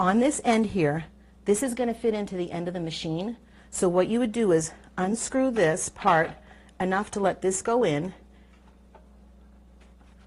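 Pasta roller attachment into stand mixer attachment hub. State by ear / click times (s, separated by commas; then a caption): not seated / none. Someone talks while holding a metal pasta roller attachment by its drive end, explaining that it goes into the stand mixer's attachment hub once the hub knob is loosened. After the talking stops around 8.1 s, only a faint low hum and a tiny tick near 9.0 s are heard. Nothing has seated or snapped into the hub yet.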